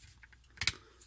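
Plastic pieces of a Transformers Power of the Primes Sinnertwin figure are folded forward into their body sockets. Two sharp plastic clicks sound at 0.6 s and 0.7 s, with fainter small ticks around them. The pieces click in and are seated.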